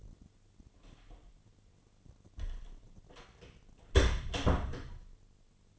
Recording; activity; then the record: daily activity, microphone in the room; close door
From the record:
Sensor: 4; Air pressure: 1008.1 hPa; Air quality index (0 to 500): 182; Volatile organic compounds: 5 ppm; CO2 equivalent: 1827 ppm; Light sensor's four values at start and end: 23/72/27/26 and 25/79/30/29